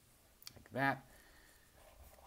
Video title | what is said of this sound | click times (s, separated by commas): Video Review: Iron Factory IF-EX50 DAISHOGUN BOOHMARU | a little bit further up on the back i believe yeah there we go it snaps into place like | 0.4 s, 0.5 s